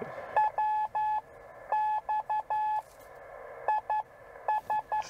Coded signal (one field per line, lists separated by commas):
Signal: Morse code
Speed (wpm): 11 wpm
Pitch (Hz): 860 Hz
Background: none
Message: WX IS